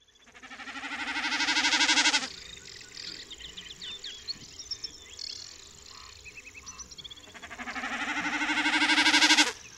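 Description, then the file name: Common snipe producing two swelling, pulsing bleat-like drumming bouts, with a quieter stretch of ticking calls and other faint bird notes in between. "Kszyk"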